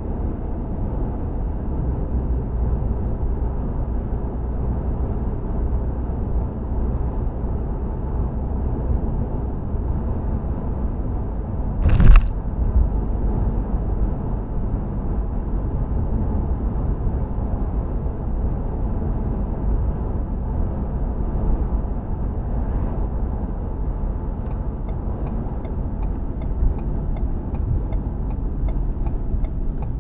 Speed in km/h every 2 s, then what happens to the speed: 69, 71, 72, 72, 74, 72, 74, 74, 74, 72, 71, 68, 64, 56, 42.
0-19 steady at about 72. 19-30 slows to 42.